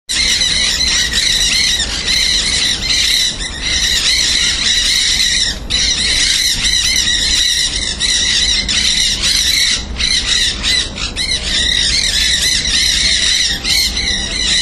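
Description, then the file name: Nanday parakeet calls, loud harsh screeching squawks from several birds, continuous and overlapping with only brief pauses throughout. Recorded on 19 June 2010. "Nandayus-nenday 2010-06-19 RECS Jorge-La-Grotteria"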